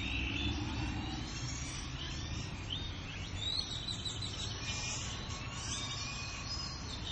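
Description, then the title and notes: Birds call in a thick chattering chorus of high squeaky chirps and short whistles, layered over a constant low roar of traffic. Hundreds of birds resting in a few trees at dusk, about to sleep, Mexico City; urban area with car and motorcycle engines audible. "Aves A Punto De Dormir. La Ciudad de México. unos cuantos árboles que dan casa y lugar de descanso de cientos de aves"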